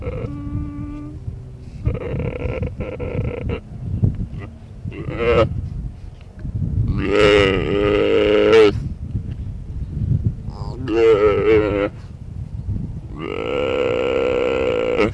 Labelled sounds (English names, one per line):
Mule Deer call